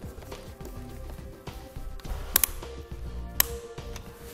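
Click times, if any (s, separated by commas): 2.4 s, 3.4 s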